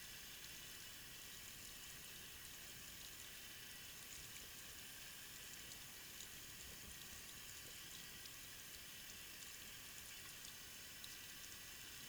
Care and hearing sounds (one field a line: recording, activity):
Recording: daily activity, guitar pickup as the sensor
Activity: wash hands